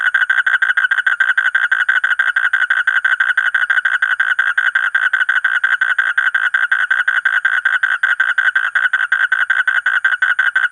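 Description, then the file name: Asian common toad giving a long unbroken train of rapid, buzzy pulses at steady pitch and loudness throughout. "suara kodok bangkong kolong kodok buduk"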